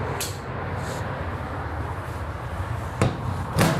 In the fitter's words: and then again just to unfold this divider you're just going to pull it straight out until that locks in place